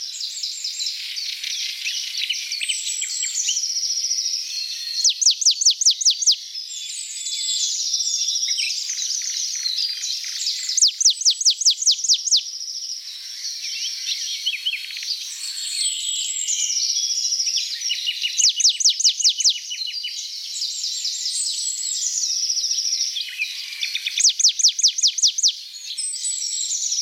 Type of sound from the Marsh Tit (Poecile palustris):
song